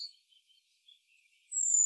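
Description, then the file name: Great tit call, a thin, high, steady whistle held for about a third of a second at the end, after faint scattered chirps. "Parus major"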